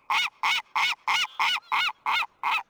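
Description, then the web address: Gull calling in a series of eight harsh, nasal notes, each with a quick rise and fall, evenly spaced about every third of a second. "Project Gotham Racing 2. Ambience Seagull"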